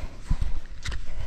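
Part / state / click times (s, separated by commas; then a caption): hiking boot into strap-on binding/crampon / not seated / none. A hiking boot is being put into a strap-on mountain binding with a locking function, possibly a crampon. Low thuds and scuffs are heard, with a brighter sharp knock pair near 0.9 s. The boot is still being handled, and nothing has seated or clicked yet.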